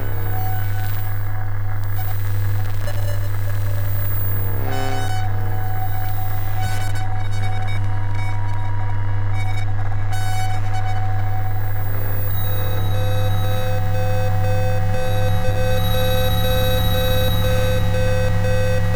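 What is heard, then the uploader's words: Electromagnetic hum: a strong, steady low drone layered with fixed whining tones, faint ticks, and a higher whine appearing after twelve seconds. This time scavenging sounds from various sources in the small apartment I live in. The EMF flutters, whistles, tones and crackling like the cryptic calls and cries of insects, birds and animals in an environment. This time I’ve used a different EMF detector, one built by Sorte Muld Instruments. Built with fragments of recordings made in the past few days of this third month of a COVID lockdown here in Sydney Australia.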